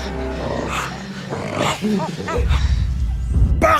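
Chimpanzees in Uganda call loudly in overlapping hoots and shrieks, several rising-and-falling cries stacked over a heavy low rumble, with a harsher burst of calling near the end.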